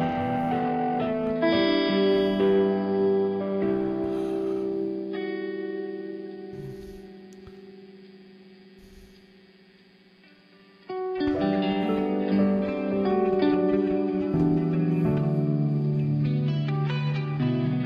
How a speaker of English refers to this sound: Got a really good analog distorted sound to it.